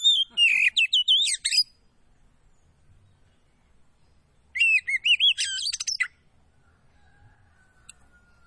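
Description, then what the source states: Magpie-robin song: two rich bursts of rising and falling whistles mixed with scratchy notes, separated by about three seconds of quiet. Kacer poci variety, singing vigorously (gacor).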